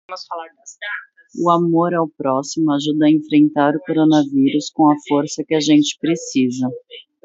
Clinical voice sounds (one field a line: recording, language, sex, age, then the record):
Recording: spoken sentence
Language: Brazilian Portuguese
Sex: female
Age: 30 to 39 years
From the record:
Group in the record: control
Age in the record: 34 years